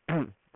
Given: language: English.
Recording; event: throat vibration sensor signal played as sound; throat clearing